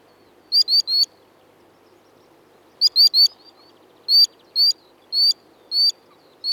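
Bird chirps, clear high upward-slurred notes given in groups of three, then as single notes spaced about half a second apart.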